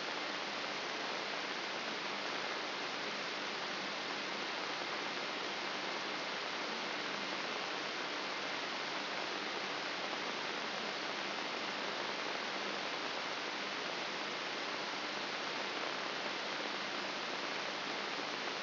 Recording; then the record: brain microelectrode recording played as sound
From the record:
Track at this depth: inside the subthalamic nucleus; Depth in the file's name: 2.704 mm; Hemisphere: left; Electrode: 3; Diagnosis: Parkinson's disease